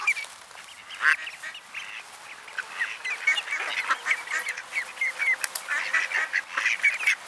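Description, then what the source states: Ducks calling, quieter scattered nasal notes at first, building into a busier overlapping chorus toward the end. Ducks at a pond (mlaka) in Borov gozdiček, a small pine grove.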